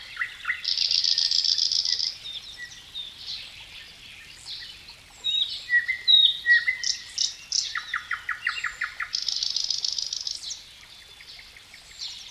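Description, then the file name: Nightingale song: a loud buzzy burst, then varied whistled and chattering phrases, a twittering series and another rasping burst near the end. Nightingale singing in natural woodland forest beside a water stream. "Dauzkobza Natural Woodland Forest Water Stream Nightingale Birds"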